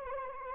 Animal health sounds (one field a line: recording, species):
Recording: mosquito wingbeat signal from an infrared sensor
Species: Anopheles arabiensis